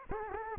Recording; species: mosquito wingbeat signal from an infrared sensor; Aedes aegypti